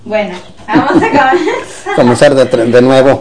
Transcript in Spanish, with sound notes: Bueno, vamos a comenzar. (risas)
Comenzar de tre… De nuevo.